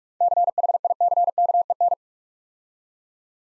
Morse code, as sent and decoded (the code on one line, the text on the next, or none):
-.-. .... .. -.-. -.- . -.
CHICKEN